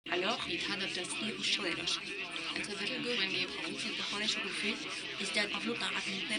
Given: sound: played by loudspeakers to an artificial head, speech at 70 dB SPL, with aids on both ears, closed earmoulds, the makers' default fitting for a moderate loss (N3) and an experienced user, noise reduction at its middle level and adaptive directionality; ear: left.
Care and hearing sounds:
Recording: speech test signal (ISTS) in cocktail-party noise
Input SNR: +3 dB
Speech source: in front (0 degrees)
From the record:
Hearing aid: class 2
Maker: D

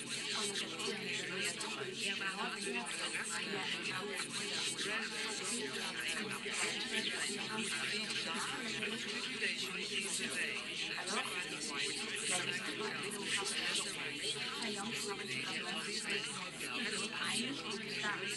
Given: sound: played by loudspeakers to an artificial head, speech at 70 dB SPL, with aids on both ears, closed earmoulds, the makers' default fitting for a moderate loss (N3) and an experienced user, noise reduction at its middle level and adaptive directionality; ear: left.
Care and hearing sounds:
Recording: speech test signal (ISTS) in cocktail-party noise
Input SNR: -6 dB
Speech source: on the right (90 degrees)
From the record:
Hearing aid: class 1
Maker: E

